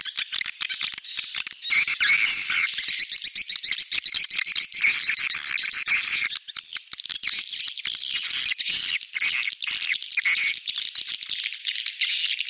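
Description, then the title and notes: Swiftlets give fast repeated high chirps over a dense twittering backdrop. Swiftlet sound from swiftlet farming in Asia. "Swiflet Bird Sound. Farming Swiflet Bird asia sound"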